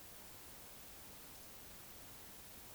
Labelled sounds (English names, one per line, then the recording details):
Eurasian Woodcock whistle
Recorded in Baden-Württemberg, Germany, on 20 May 2021 at 19:55 UTC
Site 24606, 635 m above sea level